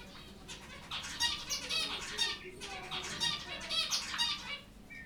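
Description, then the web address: Zebra finch calls: short nasal, buzzy beeps rich in harmonics, given in quick irregular bursts with brief pauses between them. Captive finches in a zoo at Jászberény, recorded in 2015; several birds flying about. "jaszberenyizoo 2015 zebrapinty pintyek repkedegygalambis"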